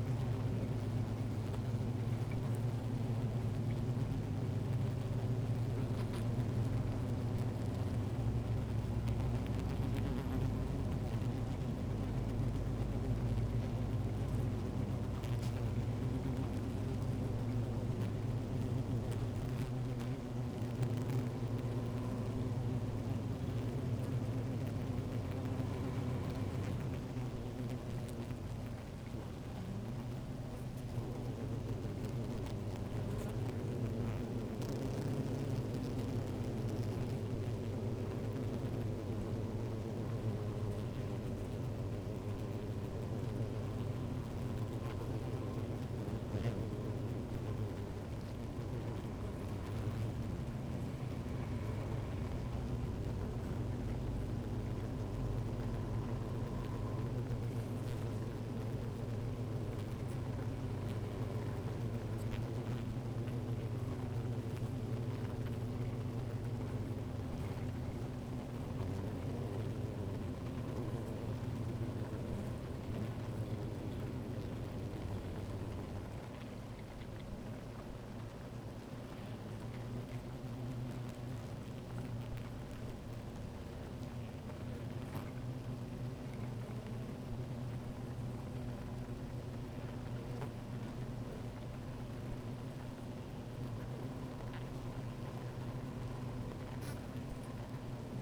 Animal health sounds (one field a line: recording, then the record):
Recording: honeybee colony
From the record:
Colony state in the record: active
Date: 28 July 2017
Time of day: 16:12